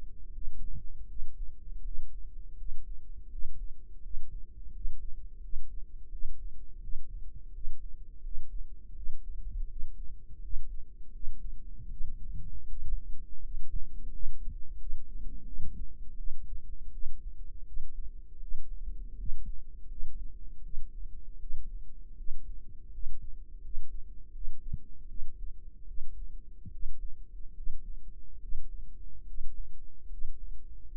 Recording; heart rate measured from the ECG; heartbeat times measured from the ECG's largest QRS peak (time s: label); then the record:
heart sounds by microphone in the right ear; 80 bpm
0.32 s: heartbeat
1.07 s: heartbeat
1.83 s: heartbeat
2.56 s: heartbeat
3.29 s: heartbeat
4.01 s: heartbeat
4.72 s: heartbeat
5.40 s: heartbeat
6.10 s: heartbeat
6.81 s: heartbeat
7.52 s: heartbeat
8.22 s: heartbeat
8.94 s: heartbeat
9.67 s: heartbeat
10.41 s: heartbeat
11.11 s: heartbeat
11.89 s: heartbeat
12.67 s: heartbeat
13.42 s: heartbeat
14.10 s: heartbeat
14.77 s: heartbeat
15.45 s: heartbeat
16.16 s: heartbeat
16.91 s: heartbeat
17.64 s: heartbeat
18.39 s: heartbeat
19.16 s: heartbeat
19.88 s: heartbeat
20.62 s: heartbeat
21.39 s: heartbeat
22.16 s: heartbeat
22.91 s: heartbeat
23.61 s: heartbeat
24.32 s: heartbeat
25.07 s: heartbeat
25.86 s: heartbeat
26.70 s: heartbeat
27.54 s: heartbeat
28.39 s: heartbeat
29.25 s: heartbeat
30.09 s: heartbeat
30.90 s: heartbeat
From the record:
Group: healthy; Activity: cold pressor test 0-26 s, rest 26-31 s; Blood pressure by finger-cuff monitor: 97/62 mmHg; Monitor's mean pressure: 72 mmHg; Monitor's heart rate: 81 bpm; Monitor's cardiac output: 6.4 L/min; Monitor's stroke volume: 77 mL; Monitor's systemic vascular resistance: 820 dyn s/cm5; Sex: female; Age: 22 years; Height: 163 cm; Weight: 67.1 kg